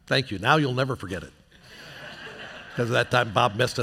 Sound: audience laughs